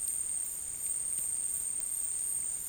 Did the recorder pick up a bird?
no